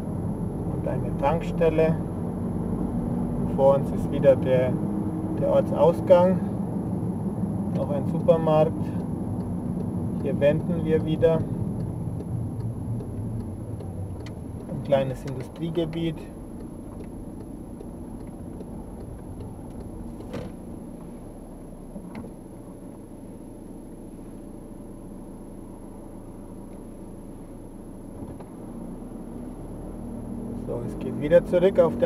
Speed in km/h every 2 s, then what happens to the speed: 41, 45, 45, 42, 39, 27, 13, 9, 11, 7, 0, 0, 0, 0, 9, 21.
4-19 slows to 0. 19-27 standing. 27-32 pulls away to 21.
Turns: 11-17.